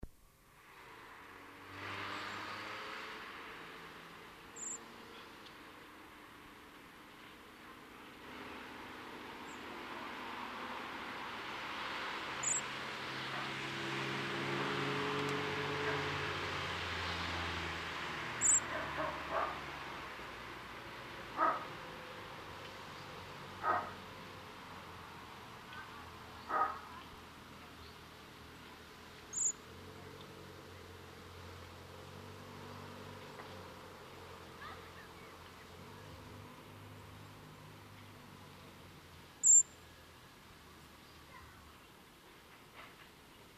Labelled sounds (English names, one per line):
Common Blackbird call